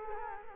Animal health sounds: mosquito wingbeat signal from an infrared sensor; Culex quinquefasciatus

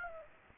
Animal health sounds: mosquito wingbeat signal from an infrared sensor; Aedes aegypti

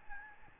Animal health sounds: mosquito wingbeat signal from an infrared sensor; Aedes albopictus

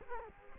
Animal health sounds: mosquito wingbeat signal from an infrared sensor; Culex quinquefasciatus

